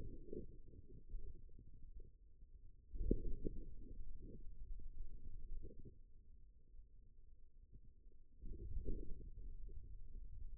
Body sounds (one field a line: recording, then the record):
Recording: forearm muscle sounds (acoustic myography)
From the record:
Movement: wrist extension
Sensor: system 2, bracelet of six BSWA MPA416 microphones around the upper forearm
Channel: 6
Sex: male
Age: 22 years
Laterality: right